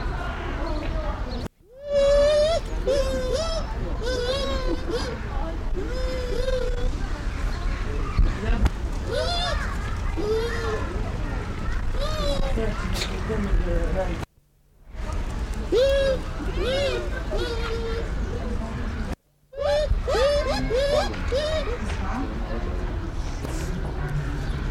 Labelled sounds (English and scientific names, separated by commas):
Bush Dog (Speothos venaticus)